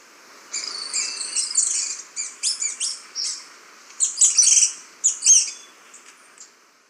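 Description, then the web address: Slaty-capped flycatcher with a run of sharp, high chattering notes, delivered in quick clusters for about five seconds before trailing off into softer notes. Ecuador. "Birds of Ecuador. Slaty-capped Flycatcher"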